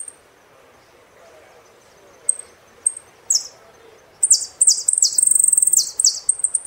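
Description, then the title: Saffron finch: a few isolated high chips and one sweep, then a fast, dense stretch of sweeping notes and rattles. "Jilguero Argentino"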